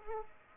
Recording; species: mosquito wingbeat signal from an infrared sensor; Culex pipiens